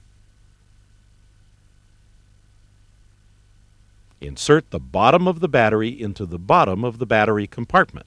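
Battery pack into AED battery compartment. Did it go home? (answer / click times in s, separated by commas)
no / none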